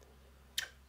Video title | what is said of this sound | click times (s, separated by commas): Révision amortisseur VTT FACILE (Rockshox 50 heures) | donc il se clipse tout simplement voilà il y a un nombre maximum de token à respecter | 0.6 s